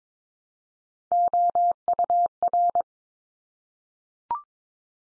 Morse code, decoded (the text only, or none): OUR